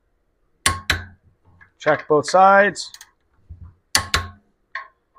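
A click-type torque wrench set to 63 ft-lb tightens the second connecting rod cap bolt. Loud, sharp clicks ring out at 0.7 s and 0.9 s as the setting is reached. Someone talks, then more sharp clicks follow around 4.0 s and 4.1 s.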